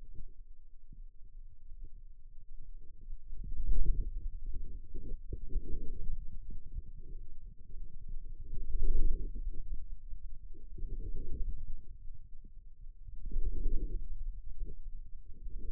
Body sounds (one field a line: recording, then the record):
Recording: forearm muscle sounds (acoustic myography)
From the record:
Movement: inward rotation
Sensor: system 2, bracelet of six BSWA MPA416 microphones around the upper forearm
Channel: 6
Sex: male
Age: 22 years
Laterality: right